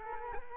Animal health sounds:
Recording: mosquito wingbeat signal from an infrared sensor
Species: Culex quinquefasciatus

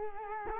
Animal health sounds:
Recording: mosquito wingbeat signal from an infrared sensor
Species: Culex quinquefasciatus

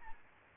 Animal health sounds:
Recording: mosquito wingbeat signal from an infrared sensor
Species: Aedes albopictus

